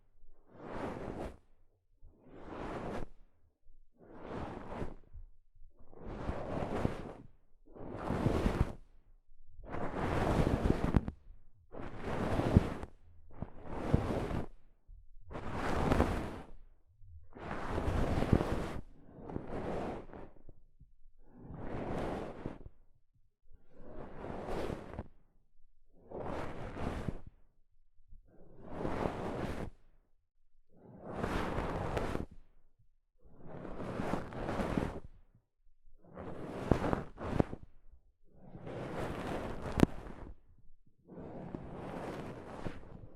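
Soft fabric brushes across a microphone in a steady series of swishing strokes, about one every two seconds. Each stroke swells and fades, rough and airy from deep rumble up to bright hiss, with near silence between. The rhythm and loudness stay even throughout.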